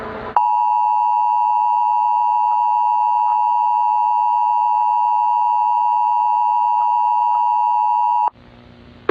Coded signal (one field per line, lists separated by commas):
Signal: Emergency Alert System (SAME) tones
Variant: 853 and 960 Hz attention tone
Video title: Remains: A Zombie Virus EAS Scenario